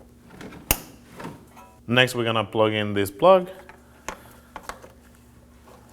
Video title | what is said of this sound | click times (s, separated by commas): How to Replace Windshield Washer Reservoir 2014-2020 Acura MDX | And plug it in. Make sure you hear a click. | 0.7 s